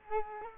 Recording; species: mosquito wingbeat signal from an infrared sensor; Culex quinquefasciatus